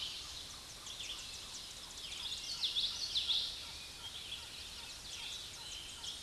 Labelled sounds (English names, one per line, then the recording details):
Common Yellowthroat song
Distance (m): 25 m
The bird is about 5 m below the microphone
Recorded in a Pennsylvania forest on 16 May 2024 at 06:00
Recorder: AudioMoth, point MSD-2456
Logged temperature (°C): 16.4 °C
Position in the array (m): 197 m, 82 m